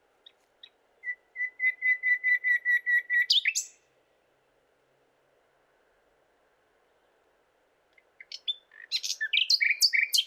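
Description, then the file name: Common nightingale song: a fast series of repeated notes that ends in harsh buzzy notes, then a pause of about four seconds, then another phrase that is cut off. "Luscinia megarhynchos"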